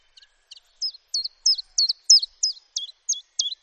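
Common chiffchaff song, a steady run of sharp, high notes about three times a second, starting with a few soft notes and then loud ones.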